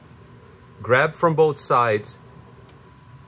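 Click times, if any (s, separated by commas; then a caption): 2.7 s. A USB cable connector is pushed into the socket on a screen PCB while the board is held from both sides. Someone talks, then a short click is heard at 2.7 s as the connector seats and engages.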